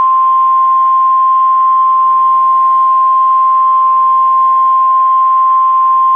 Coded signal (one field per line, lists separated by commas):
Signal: Emergency Alert System (SAME) tones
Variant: 1050 Hz attention tone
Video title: It's freezing out here Part 2: God Bless the EAS?